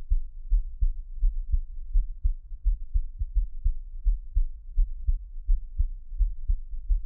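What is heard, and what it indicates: A normal adult heartbeat heard close up, with steady low thumps at about 85 beats per minute and no talking.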